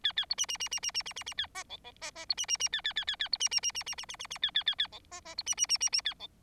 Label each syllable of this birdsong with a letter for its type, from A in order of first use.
A A B C C C C C C C C C A D E E D D B C C C A A A A A B C C C C C C C C C A A A A E D D B C C C C C A E